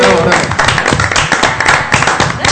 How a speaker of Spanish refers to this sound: ¡Feliz cumpleaños! ¡Un aplauso!